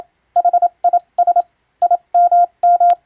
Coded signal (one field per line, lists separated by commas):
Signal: Morse code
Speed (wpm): 27 wpm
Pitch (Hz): 700 Hz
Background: none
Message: HIS IMM